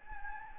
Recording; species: mosquito wingbeat signal from an infrared sensor; Anopheles gambiae